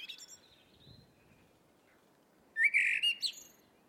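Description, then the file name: Eurasian blackbird song: one short fluty, warbling phrase ending in a high twitter near the end, with faint high notes at the start over quiet background hiss. "Turdus merula"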